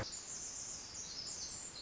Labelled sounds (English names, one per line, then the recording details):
Pacific Wren
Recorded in Sonoma County, California